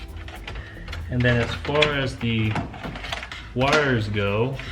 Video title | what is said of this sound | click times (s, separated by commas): Front Camera & Anytime Backup Camera on a 2016-2019 Tacoma | they are lined up, and then you will feel it click into place. | 0.5 s